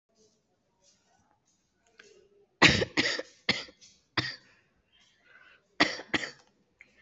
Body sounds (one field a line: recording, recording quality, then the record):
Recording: shallow voluntary cough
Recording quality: excellent, no background noise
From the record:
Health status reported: recovered from COVID-19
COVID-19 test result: positive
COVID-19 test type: rapid antigen test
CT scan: not taken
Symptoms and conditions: cough, cold, sore throat, fever, muscle pain, diarrhoea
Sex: female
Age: 43 years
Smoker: no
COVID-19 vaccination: both doses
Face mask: worn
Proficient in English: yes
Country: India